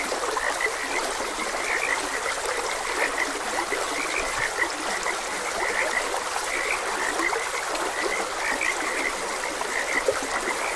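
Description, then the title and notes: Many frogs croak together in quick, overlapping short notes, with faint high peeps, all set against continuous flowing water. Frogs croaking beside a gentle stream. "Gentle Stream and Frogs Croaking. Sleep and Relaxation Podcast"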